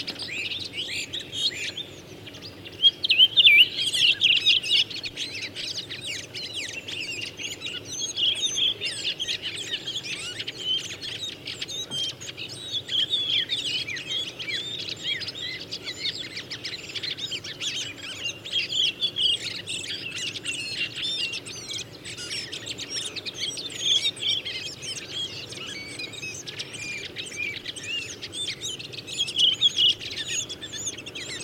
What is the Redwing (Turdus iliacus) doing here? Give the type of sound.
song